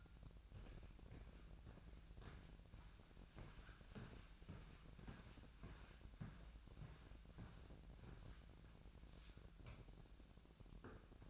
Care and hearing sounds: daily activity, microphone in the room; walk to room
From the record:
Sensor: 2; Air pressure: 1012.1 hPa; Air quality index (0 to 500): 141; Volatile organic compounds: 2 ppm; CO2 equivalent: 1029 ppm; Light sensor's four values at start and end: 81/193/79/77 and 86/204/84/83

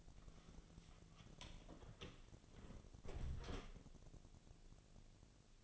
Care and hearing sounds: daily activity, microphone in the room; close door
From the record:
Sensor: 4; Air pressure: 1001.3 hPa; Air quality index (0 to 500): 184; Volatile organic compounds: 3 ppm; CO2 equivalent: 1316 ppm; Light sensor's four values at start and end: 14/32/13/13 and 16/37/15/15

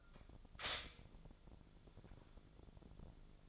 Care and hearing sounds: daily activity, microphone in the room; stop toaster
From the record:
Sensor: 5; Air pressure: 1000.3 hPa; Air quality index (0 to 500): 127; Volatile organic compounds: 2 ppm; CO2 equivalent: 1002 ppm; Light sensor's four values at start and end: 86/201/86/93 and 86/202/86/94

